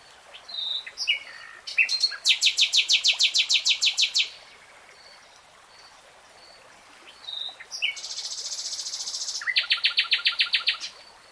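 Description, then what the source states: Nightingale song with two loud fast trills of rapidly repeated notes, separated by a quiet gap with faint chirps. Nightingale singing in real time.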